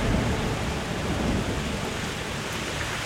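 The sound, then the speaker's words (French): A thunderstorm with torrential rain brought by the Mazika, the violent spring monsoon wind from the sea: a dense, steady roar of heavy downpour with a deep rumbling underneath, loud and unbroken throughout, with no voices. “Ce vent violent arrive de la mer en apportant une pluie torrentielle!”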